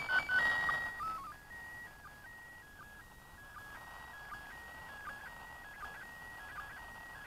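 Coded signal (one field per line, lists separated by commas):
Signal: SSTV (slow-scan television)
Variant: PD 180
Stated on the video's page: SSTV pictures received from the International Space Station, received on a cloudy day.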